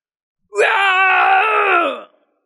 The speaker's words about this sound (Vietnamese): Một tiếng gào thét dữ dội xé lồng vang lên.